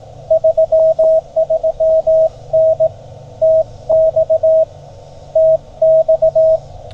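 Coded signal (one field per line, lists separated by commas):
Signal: Morse code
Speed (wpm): 17 wpm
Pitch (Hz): 640 Hz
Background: radio noise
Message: 33N TX TX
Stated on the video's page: Park activation CW from Henry Horton State Park, Tennessee, on a Yaesu FT-817 with 300 Hz filter and CHA SS25 antenna.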